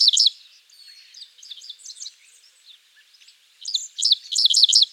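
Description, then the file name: Dickcissel song: a sharp chipped phrase at the start, softer scratchy notes through the middle, then a loud burst of rapid clipped notes near the end. "Spiza americana - Dickcissel"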